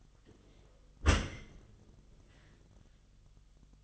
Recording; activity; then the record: daily activity, microphone in the room; close dishwasher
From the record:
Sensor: 4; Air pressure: 1005.6 hPa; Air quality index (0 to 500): 112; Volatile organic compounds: 3 ppm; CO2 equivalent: 1400 ppm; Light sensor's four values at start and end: 11/25/10/10 and 11/25/10/10